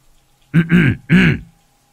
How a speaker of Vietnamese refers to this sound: Anh sợ có trộm, liền hắng giọng.